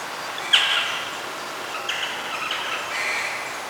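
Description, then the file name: Bird chirps, one sharp high note followed by a few softer chirps, with rain pattering steadily underneath. Birds calling during rain. "Rain Birds - Sleepy Bird Sounds"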